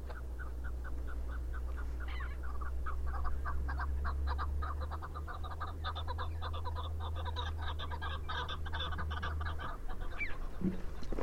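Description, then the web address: Chukar partridge chuckling: a dense run of repeated clucks, with a constant low droning hum underneath that stops near the end. "sound Chukar. صدای-کبک-چوکار"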